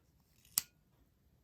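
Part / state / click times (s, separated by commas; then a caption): spring collet of a pencil extender ferrule / seated / 0.6 s. The spring-operated collet of an empty metal pencil-extender ferrule is turned until it locks closed. A faint click is heard at 0.6 s, preceded by a softer tick just before it. The collet has seated and is closed.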